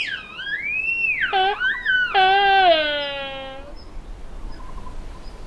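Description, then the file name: Sika deer rutting calls: loud moaning and squealing notes that bend up and down, then a long steady wail that slowly falls, with a quiet hiss behind. Sika deer in rut, recorded at Sheding. "社頂-梅花鹿發情-姜博仁"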